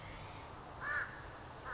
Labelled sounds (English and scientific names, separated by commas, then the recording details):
California Towhee (Melozone crissalis)
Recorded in Sonoma County, California